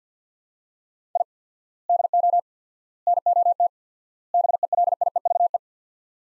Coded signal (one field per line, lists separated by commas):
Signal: Morse code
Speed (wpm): 50 wpm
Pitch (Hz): 700 Hz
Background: none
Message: I DO NOT BELIEVE